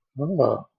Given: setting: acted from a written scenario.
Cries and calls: vocal sound without words; romantic love

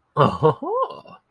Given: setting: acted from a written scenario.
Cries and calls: vocal sound without words; positive surprise

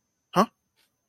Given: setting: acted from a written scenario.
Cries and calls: vocal sound without words; negative surprise

